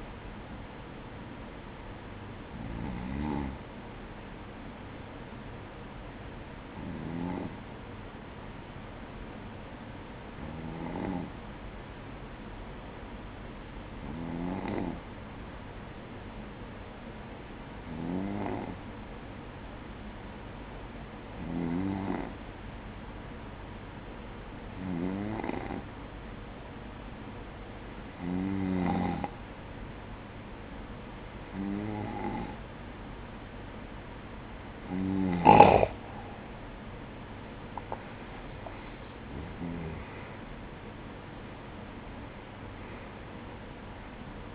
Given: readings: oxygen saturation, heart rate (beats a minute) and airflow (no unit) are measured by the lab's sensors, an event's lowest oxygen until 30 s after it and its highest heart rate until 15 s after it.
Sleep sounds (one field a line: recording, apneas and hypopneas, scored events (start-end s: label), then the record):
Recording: breathing in sleep by a voice recorder at the bedside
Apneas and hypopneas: 1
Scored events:
6.00-39.10 s: hypopnea (N2, oxygen 96% highest, then 93% lowest, heart rate 54 at the start, 66 highest)
18.00-44.54 s: new sleep stage, N1 (lightest sleep)
From the record:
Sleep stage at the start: N2 (light sleep)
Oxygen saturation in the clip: 93 to 96%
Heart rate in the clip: 53 to 66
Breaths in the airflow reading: 12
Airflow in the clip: -11.5 to 9.3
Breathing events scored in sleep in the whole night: 180 in 6.7 hours asleep